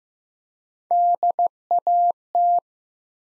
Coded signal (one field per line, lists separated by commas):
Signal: Morse code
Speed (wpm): 15 wpm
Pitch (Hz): 700 Hz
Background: none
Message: DAT